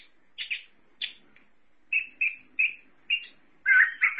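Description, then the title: Thrush giving short separated whistled notes, then a louder rich warbled phrase at the end. "burung anis x"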